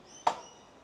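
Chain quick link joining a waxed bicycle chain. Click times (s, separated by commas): 0.3 s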